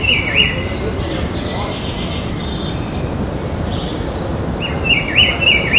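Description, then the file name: Rufous-browed peppershrike phrases of slurred, rolling whistles at the start and again near the end, over a low rumble. Recorded in Butantã, São Paulo, Brazil, on 28 September 2013. "Cyclarhis-gujanensis-Int Butantan SP-BR-28-9-13-ASilveira"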